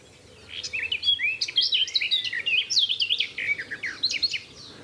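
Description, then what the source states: Garden warbler song starting after a brief quiet moment, a rapid, bubbling run of rich, varied warbled phrases sustained for several seconds. Singing, seen at close range eyeing the recordist suspiciously; sounds similar to a blackcap but louder; recordist paused inside a cattle trough.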